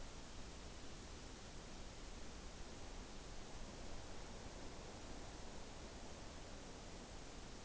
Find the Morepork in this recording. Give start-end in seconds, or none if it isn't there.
none